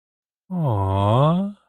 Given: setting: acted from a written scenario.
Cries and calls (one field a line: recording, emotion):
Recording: vocal sound without words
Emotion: adoration